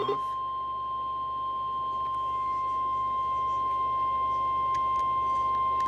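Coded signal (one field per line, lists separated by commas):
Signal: Emergency Alert System (SAME) tones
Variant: 1050 Hz attention tone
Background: speech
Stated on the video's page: Real fire warning from NOAA weather radio transmitter in Amarillo, Texas, received via FM.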